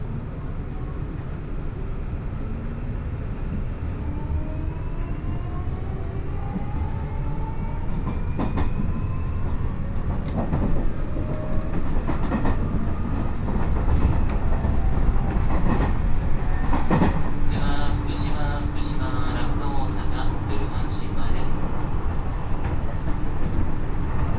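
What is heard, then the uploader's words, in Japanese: A local commuter train rolls along, its steady low rumble filling the whole stretch with no pauses. Faint whining tones rise and fall as the motors change speed, while scattered clicks and squeaks break through, thickest from about twelve to twenty-two seconds. 鉄道旅 大物→梅田→蛍池→大阪空港。大物から阪神本線の普通電車で梅田に向かい、阪急宝塚線に乗り換えて蛍池に向かいます。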